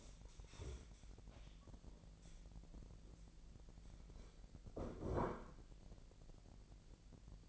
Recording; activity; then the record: daily activity, microphone in the room; stand up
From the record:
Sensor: 5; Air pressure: 1001.7 hPa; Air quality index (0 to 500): 244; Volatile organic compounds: 29 ppm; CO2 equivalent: 2931 ppm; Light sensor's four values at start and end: 47/112/46/49 and 50/119/49/52